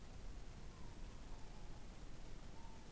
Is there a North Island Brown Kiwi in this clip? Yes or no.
no